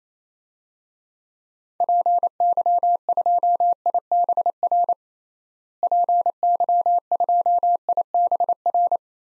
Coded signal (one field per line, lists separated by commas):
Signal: Morse code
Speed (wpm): 28 wpm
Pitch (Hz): 700 Hz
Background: none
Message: PY2IBR PY2IBR